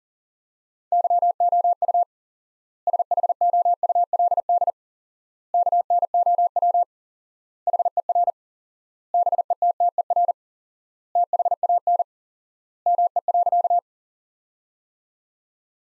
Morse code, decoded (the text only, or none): YOU SHOULD KNOW HER BETTER THAN ME.